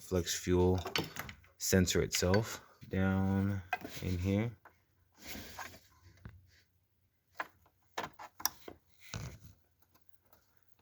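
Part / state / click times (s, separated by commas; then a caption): wiring harness plug into flex fuel sensor / not seated / none. Someone talks while handling a wiring harness connector near the flex fuel ethanol sensor down in the engine bay. Short, sharp handling knocks are heard at about 7.4, 8.0, 8.5 and 9.1 seconds. The connector has not seated or clicked yet.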